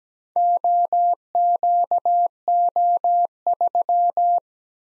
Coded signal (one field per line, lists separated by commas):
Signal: Morse code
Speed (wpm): 17 wpm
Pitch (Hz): 700 Hz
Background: none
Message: OQO3